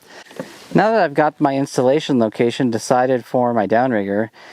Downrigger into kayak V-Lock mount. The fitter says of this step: And then I can lock in my downrigger.